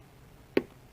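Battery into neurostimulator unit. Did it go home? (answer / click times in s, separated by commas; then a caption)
yes / 0.6 s. A coin battery, its sticker removed, is pressed down into a neurostimulator unit and seats with a sharp click at 0.6 s. A much fainter tick follows at 0.9 s, and no one talks.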